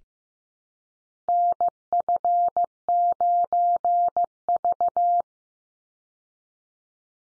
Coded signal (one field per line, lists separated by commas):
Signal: Morse code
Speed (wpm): 15 wpm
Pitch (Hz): 700 Hz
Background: none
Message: NF9V